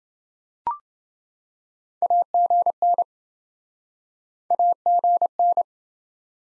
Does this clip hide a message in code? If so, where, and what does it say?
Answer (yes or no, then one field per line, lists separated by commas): yes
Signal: Morse code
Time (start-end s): 2.0-5.6 s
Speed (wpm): 28 wpm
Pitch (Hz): 700 Hz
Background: none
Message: AGN AGN